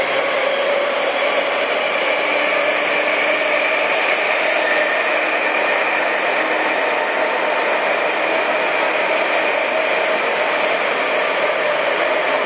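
A Tobu 9000 series train runs with a loud, constant motor whine. The sound holds steady for the whole stretch, with dense rushing noise and several pitched tones held in the middle and upper range, plus a low rumble underneath that never lets up.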